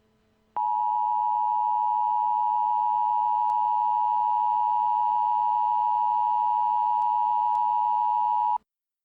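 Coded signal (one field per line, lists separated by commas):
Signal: Emergency Alert System (SAME) tones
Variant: 853 and 960 Hz attention tone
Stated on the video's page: Fictional EAS scenario depicting a false alarm from a hacked alert system; simulated, not a real broadcast.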